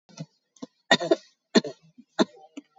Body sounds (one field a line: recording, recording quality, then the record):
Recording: shallow voluntary cough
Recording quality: excellent, no background noise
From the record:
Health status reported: COVID-19 positive, moderate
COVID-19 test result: positive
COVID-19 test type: RT-PCR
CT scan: taken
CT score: 17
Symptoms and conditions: cough, cold, fatigue, asthma, hypertension, diabetes, another condition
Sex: female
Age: 56 years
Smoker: no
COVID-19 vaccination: one dose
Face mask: worn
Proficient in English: yes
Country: India